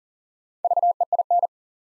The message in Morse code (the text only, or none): VEIN